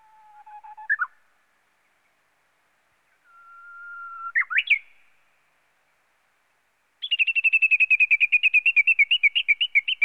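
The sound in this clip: Small bird song: two long held whistles, each closing with a sharp rising flourish, then a rapid run of repeated chirping notes.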